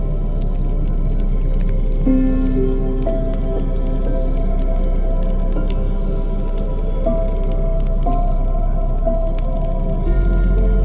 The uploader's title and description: Peaceful Christmas Night Atmosphere with a Warm Crackling Fireplace, Soothing Piano, & Twinkling Bells. A warm crackling fireplace, soft wind with gentle snow, and a soothing piano melody with twinkling bells